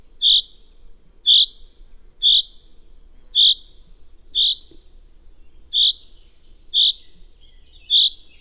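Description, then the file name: Common chaffinch giving bright, clipped single call notes about once per second, each note short and high-pitched, over a quiet low rumble. "Fringilla coelebs"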